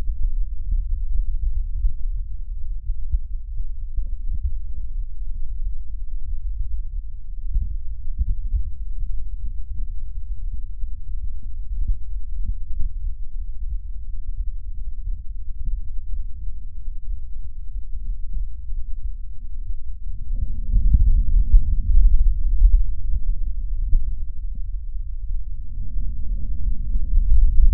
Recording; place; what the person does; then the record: lung sounds by stethoscope; left posterior basal chest; quiet breathing, then deep breathing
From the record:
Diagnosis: none (healthy); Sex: male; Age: 23 years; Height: 185 cm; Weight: 93 kg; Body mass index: 27.2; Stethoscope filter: bell mode